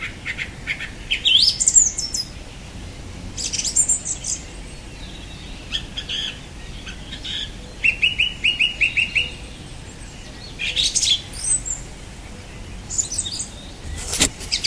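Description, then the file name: Song thrush song featuring a clear note repeated about six times in steady rhythm, plus squeaky high phrases and a sharp final call. "Golosa ptic - Pevchij drozd"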